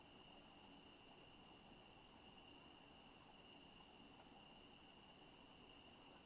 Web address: Sonik Sound Library - Spatial Towns Ambience, Residential, Night, Crickets, Night Bird